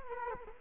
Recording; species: mosquito wingbeat signal from an infrared sensor; Culex quinquefasciatus